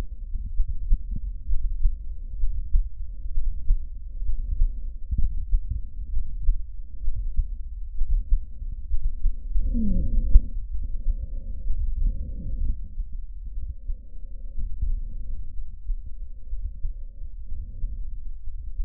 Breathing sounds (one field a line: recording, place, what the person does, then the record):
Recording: lung sounds by stethoscope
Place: trachea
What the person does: quiet breathing, then deep breathing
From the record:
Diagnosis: interstitial lung disease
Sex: female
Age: 60 years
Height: 154 cm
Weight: 68.1 kg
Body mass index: 28.7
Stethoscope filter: bell mode